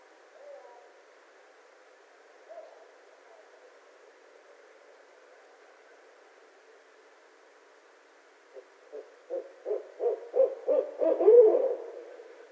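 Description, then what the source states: Barred owl call, faint soft hoots early, then a loud burst of rapid hoots building to a climax near the end. Recorded 26 February 2012.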